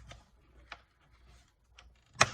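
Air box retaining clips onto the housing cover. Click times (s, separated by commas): 0.7 s, 2.2 s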